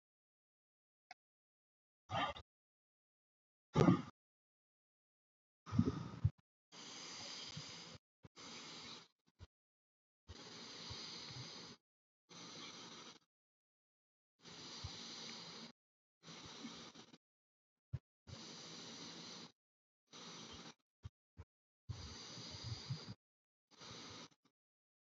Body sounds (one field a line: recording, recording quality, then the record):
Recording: shallow breathing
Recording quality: excellent, no background noise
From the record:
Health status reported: healthy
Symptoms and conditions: none ticked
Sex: male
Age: 35 years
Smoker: not ticked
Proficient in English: yes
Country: India